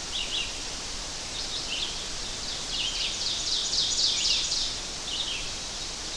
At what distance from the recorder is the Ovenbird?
about 30 m